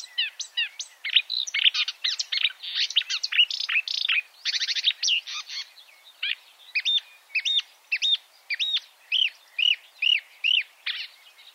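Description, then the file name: Marsh warbler song: busy chattering medley of chirps and buzzes, then a series of clear rising-falling whistled notes. "suara-kicauan-burung-marsh-warbler -omkicau"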